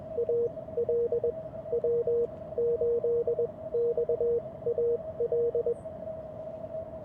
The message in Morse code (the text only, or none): AL W8XAL